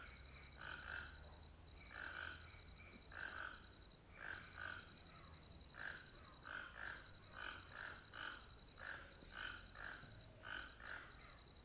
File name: Ambiencia de final de tarde quintal casa Alto Paraiso com Tucanos bem perto